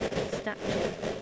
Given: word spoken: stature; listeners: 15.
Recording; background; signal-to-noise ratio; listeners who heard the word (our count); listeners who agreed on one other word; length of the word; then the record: one English word in noise, from a listening test; noise modulated by three-talker babble; -7.4 dB; 1 of 15; 12 of 15; 0.82 s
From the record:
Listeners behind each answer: 12, 1, 1, 1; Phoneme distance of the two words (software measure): 10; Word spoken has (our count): 2 syllables, 5 phonemes, stress on syllable 1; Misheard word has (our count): 2 syllables, 5 phonemes, stress on syllable 1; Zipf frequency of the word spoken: 3.30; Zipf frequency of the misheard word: 4.02